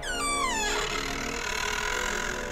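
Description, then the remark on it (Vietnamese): An old wooden door, pushed gently open, creaks with a loud, drawn-out groan, its pitch sliding downward before settling into a steady, strained whine that holds for a couple of seconds. “Tôi đẩy nhẹ cánh cửa cũ kỹ, nó vang lên một tiếng kẽo kẹt nghe đến rợn cả người.”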